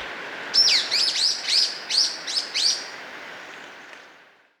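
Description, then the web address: Golden-crowned flycatcher giving a quick series of several high, squeaky, sharply downslurred notes over about two seconds, with steady background hiss. Recorded in Ecuador. "Natures Songs S America Birds of Ecuador. Golden-Crowned Flycatcher"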